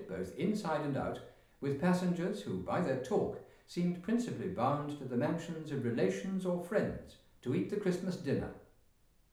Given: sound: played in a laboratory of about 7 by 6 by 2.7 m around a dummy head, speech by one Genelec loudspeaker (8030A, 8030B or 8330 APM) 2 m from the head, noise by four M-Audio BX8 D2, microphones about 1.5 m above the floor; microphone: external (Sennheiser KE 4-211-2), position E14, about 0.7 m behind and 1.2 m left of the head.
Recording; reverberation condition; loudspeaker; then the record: male speech in English; medium; 60 degrees to the left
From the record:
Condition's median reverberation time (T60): about 510 ms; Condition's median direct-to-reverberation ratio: about -0.5 dB